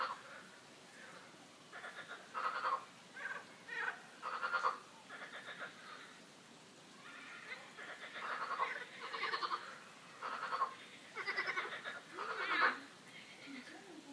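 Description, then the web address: Frogs croaking in a chorus, rapid pulsed rattling bursts that overlap, several callers at once. Frogs croaking in a park; the calls are described as a quack-like 'coin-coin'. "coincoin des grenouilles dans le parc"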